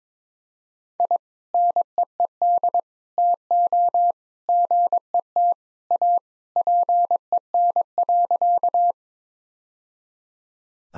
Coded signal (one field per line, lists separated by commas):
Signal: Morse code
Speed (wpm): 22 wpm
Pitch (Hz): 700 Hz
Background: none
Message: I NEED TO GET A PEN.